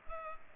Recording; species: mosquito wingbeat signal from an infrared sensor; Culex pipiens